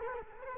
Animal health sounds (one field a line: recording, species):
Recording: mosquito wingbeat signal from an infrared sensor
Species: Culex quinquefasciatus